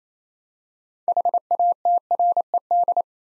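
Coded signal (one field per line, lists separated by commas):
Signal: Morse code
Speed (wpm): 29 wpm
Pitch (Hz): 700 Hz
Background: none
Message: HATRED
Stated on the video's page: Practice drill at 28wpm building 6-letter words two letters at a time, for ICR training.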